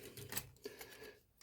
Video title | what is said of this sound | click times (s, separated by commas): Transformers Dark of The Moon Deluxe Bumblebee Review 13+ | Then you're going to fold the whole chest down and it'll lock into place. | 0.4 s